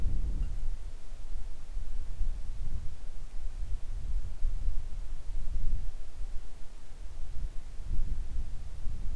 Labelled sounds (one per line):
wind